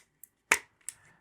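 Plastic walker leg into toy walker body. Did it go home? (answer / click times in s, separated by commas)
yes / 0.5 s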